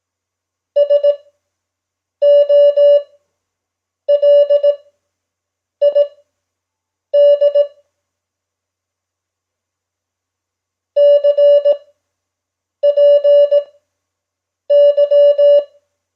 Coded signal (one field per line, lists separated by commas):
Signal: Morse code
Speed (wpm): 18 wpm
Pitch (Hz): 580 Hz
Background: none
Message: SOLID CPY